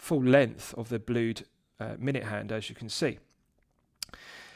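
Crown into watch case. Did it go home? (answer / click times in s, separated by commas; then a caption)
yes / 4.0 s. Someone talks for about three seconds, then after a pause the crown of a Studio Supernatural Caturix watch is pushed back into the watch case from the time-setting position, giving a sharp, positive click at 4.0 s. It is followed by a faint second tick and soft rustling. The crown seats, and this restarts the movement.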